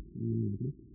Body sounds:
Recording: neck accelerometer signal played as sound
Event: no cough (speech, laughter, throat clearing or background)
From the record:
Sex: female

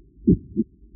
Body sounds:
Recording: neck accelerometer signal played as sound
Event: voluntary cough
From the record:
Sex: male

